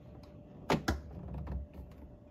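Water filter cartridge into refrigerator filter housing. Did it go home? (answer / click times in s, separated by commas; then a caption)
yes / 0.7 s, 0.9 s. A plastic water filter cartridge is turned clockwise in a Whirlpool refrigerator's filter housing until it locks. Two sharp clicks sound at 0.7 and 0.9 seconds, followed by quieter rattling and scraping. The cartridge twist-locks into the housing and is seated.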